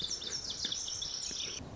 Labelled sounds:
Lazuli Bunting
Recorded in Sonoma County, California

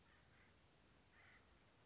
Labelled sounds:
Acorn Woodpecker
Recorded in Sonoma County, California

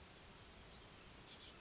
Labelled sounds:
Chestnut-backed Chickadee
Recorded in Sonoma County, California

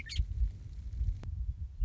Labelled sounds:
Western Meadowlark
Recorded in Sonoma County, California

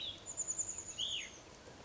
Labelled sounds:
Chestnut-backed Chickadee
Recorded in Sonoma County, California

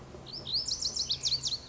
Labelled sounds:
Lazuli Bunting
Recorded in Sonoma County, California

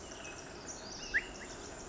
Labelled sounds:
Pacific Wren
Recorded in Sonoma County, California

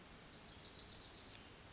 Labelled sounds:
Bewick's Wren
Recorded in Sonoma County, California

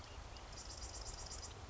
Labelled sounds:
Marsh Wren
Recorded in Sonoma County, California

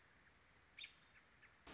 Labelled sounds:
American Robin
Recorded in Sonoma County, California

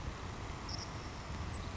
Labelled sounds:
Savannah Sparrow
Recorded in Sonoma County, California

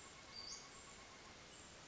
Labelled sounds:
Western Flycatcher
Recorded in Sonoma County, California

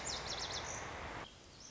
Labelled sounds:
Lazuli Bunting
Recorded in Sonoma County, California

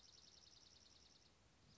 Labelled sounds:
Dark-eyed Junco
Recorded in Sonoma County, California

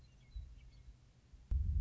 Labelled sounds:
Western Meadowlark
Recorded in Sonoma County, California

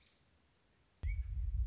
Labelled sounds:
American Robin
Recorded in Sonoma County, California

